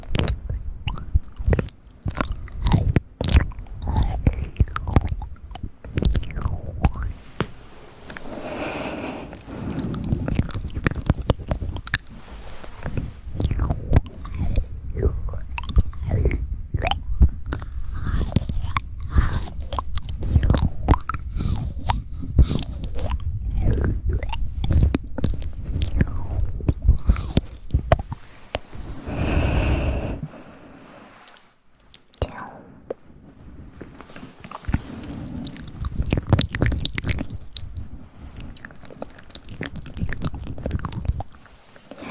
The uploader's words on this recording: ASMR Stones and tongues stir in the mouth.